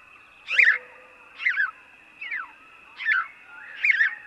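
House sparrow chirping busily: five rough, warbled cheeps in quick succession, under a second apart, over a steady background whine.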